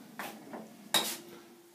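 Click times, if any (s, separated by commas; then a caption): 1.0 s. A ceiling patient lift's strap carriage passes through the bathroom doorway and latches onto the next track section. A softer metallic knock comes at 0.2 s, then a sharp click at 1.0 s as the strap transfers and seats on the bathroom track. A faint tone lingers afterward.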